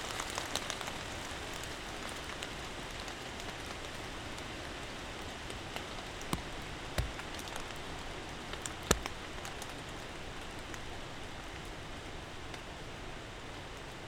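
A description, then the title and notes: Rain falls steadily in the woods at night, a dense even hiss broken by occasional sharp drips, loudest near seven and nine seconds. Sounds of Old Mission Peninsula: Rainy Night in the Woods. We find ourselves out on the Old Mission Peninsula (OMP) in Grand Traverse County, Michigan. I upgraded the wind protection for my microphone and also added in some protection from the rain. Recording Device: Zoom F3 Field Recorder. Microphone(s): Audio Technica BP 4025.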